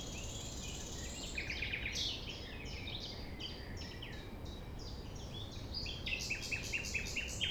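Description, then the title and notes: Common nightingale song: bursts of sharp repeated notes and rapid chattering phrases, growing louder near the end, with steady low noise behind. Sunrise at 6 A.M. near the Thève at Champ de Ménage; nightingale singing without waiting for silence. "Chant De Ménage. 6 A.M. Lever du soleil non loin de la Thève au Champ de Ménage. Le rossignol n'attend pas le silence"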